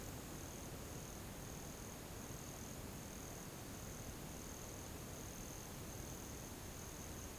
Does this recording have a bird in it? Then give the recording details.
no. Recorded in pastures near Puerto Asís, Putumayo, Colombia, on 13 March 2025 at 12:00. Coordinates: 0.486, -76.323. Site G075